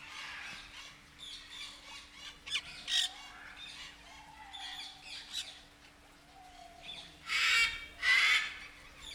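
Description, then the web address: Sulphur-crested cockatoo screeching: softer harsh chatter, then two loud, grating screeches close together near the end, with a steady low hum throughout. Captive bird at Nyíregyháza Zoo, recorded in 2019 with a professional recorder left beside the bird. "allathangok nyiregyhazizoo 2019 professzionalis sargabobitas kakadu otthagytukafelvevot nyiregyhaza"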